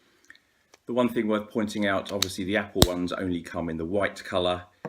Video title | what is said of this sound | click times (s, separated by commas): Apple Airpods vs Alternative Airpods Comparison | there's no difference there with a magnetic a nice click and feel to the lid the | 0.3 s